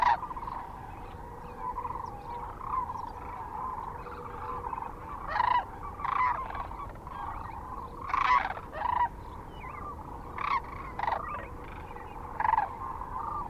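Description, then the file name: Sandhill cranes calling, rolling rattled bugles rising from a constant background chorus of many cranes, with louder bursts every few seconds. Kearney, Nebraska, on 9 March 2004. "2004-03-09 SACRandmore C Kearney NE"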